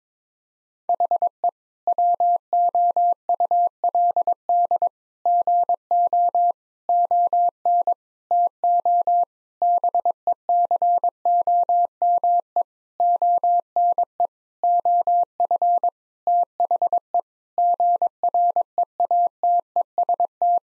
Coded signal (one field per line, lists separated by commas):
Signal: Morse code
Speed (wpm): 22 wpm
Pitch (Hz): 700 Hz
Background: none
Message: HE WOULD GO ON TO BECOME ONE OF THE GREATEST